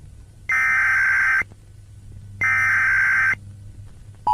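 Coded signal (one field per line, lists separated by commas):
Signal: Emergency Alert System (SAME) tones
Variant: header bursts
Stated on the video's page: Fictional Philippine EAS scenario about a glitch flood; simulated, not a real alert.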